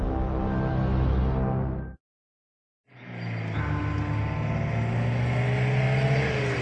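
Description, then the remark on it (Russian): A car with one headlight not working drives past on a road, its engine a steady low rumble. The sound cuts out for about a second, then returns as a broader, rushing engine roar. “Ну, тормозни этого. Видишь, у нее фара вроде бы одна не горит.”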